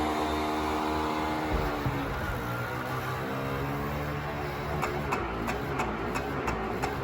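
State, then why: Seated. A 1964–66 Thunderbird's power trunk lid is lowered, and the mechanism screws it down into its pull-down lock over a steady motor hum. A series of clicks follows, with sharp ones at 4.8 s and 6.8 s, and the lid is fully closed and locked.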